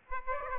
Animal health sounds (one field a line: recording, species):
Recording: mosquito wingbeat signal from an infrared sensor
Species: Aedes aegypti